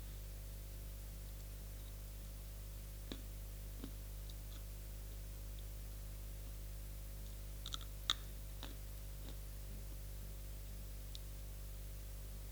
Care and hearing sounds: daily activity, guitar pickup as the sensor; eat

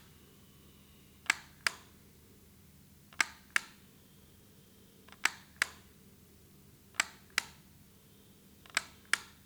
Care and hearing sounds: daily activity, guitar pickup as the sensor; operate light

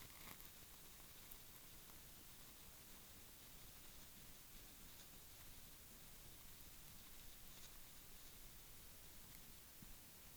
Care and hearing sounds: daily activity, guitar pickup as the sensor; brush teeth

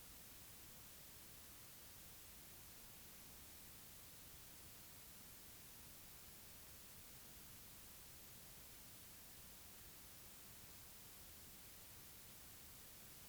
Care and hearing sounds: daily activity, guitar pickup as the sensor; stand

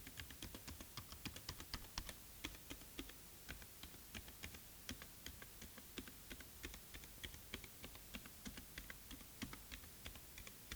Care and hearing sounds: daily activity, guitar pickup as the sensor; type

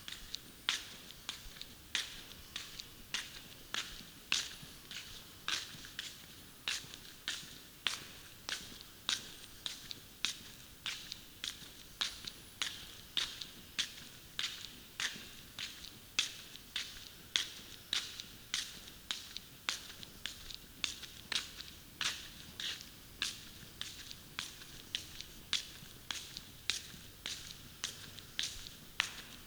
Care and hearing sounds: daily activity, guitar pickup as the sensor; walk

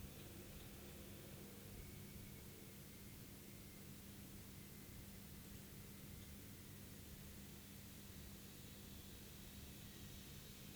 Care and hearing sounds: daily activity, guitar pickup as the sensor; sit

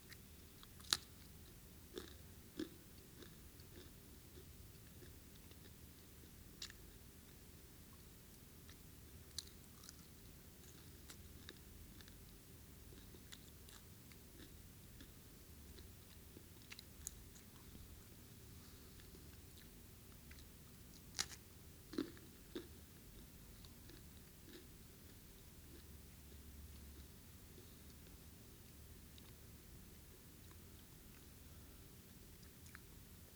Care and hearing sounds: daily activity, guitar pickup as the sensor; eat

